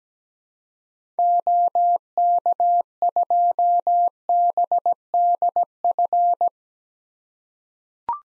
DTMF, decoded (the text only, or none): none